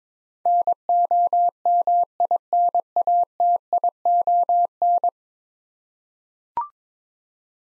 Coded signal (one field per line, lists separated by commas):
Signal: Morse code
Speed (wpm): 22 wpm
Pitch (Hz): 700 Hz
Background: none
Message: NOMINATION